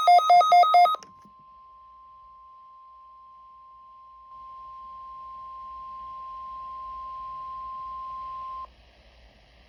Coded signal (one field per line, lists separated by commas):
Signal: Emergency Alert System (SAME) tones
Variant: 1050 Hz attention tone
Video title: Required Weekly Test on KHB32 162.550 mhz 7/30/25 (FIRST EAS!)